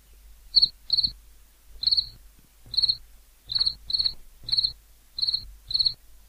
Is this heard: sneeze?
no